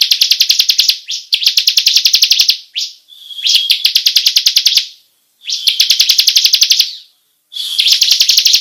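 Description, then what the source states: Bar-winged prinia singing long, rapid rolling trills of high, even notes, bursts lasting up to two seconds with brief gaps, some introduced by a short sliding whistle. Long rolling song style, locally called ngerol panjang.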